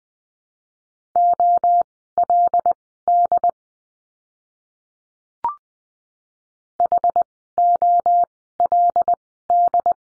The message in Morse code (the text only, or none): OLD HOLD